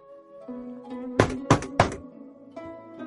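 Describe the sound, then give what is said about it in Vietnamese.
Tables and chairs crashing over: three heavy crashing thuds in quick succession cut sharply through a steady tonal musical bed that carries on before and after. “Tiếng bàn ghế đổ vỡ vàng lên.”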